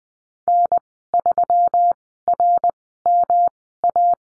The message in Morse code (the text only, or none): N3RMA